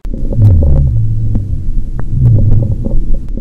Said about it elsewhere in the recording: Coarse breath sounds are the noises you'll hear when the patient has secretions or fluid buildup in the lungs. Indicates that the patient needs to cough, or if they have an endotracheal tube, you may need to suction them.